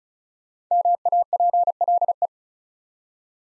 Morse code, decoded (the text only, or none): MAPLE